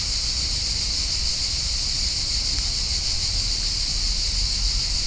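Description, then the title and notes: Steady high cicada buzzing fills every second without a break, with soft low-frequency background noise. Many cicadas calling at high volume in summer in Parque Vale do Silêncio, a park in Lisbon, Portugal; recorded binaurally with Church-audio microphones and a Zoom H4n. "Parque Vale do Silêncio, 1800 Lisbon, Portugal - Summer cicadas. High volume cicadas on the park"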